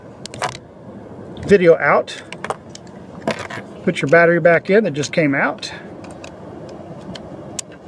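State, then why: Seated. A camera battery that had fallen out because it was not locked earlier is put back into the battery plate of an external monitor/recorder adapter and pushed until it locks. Someone talks over handling clicks and rattles, and a sharp click at 7.6 s marks the battery seating.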